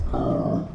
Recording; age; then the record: pig call; growing-finishing pig (85 days or more)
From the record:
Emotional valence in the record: positive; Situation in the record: run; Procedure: transit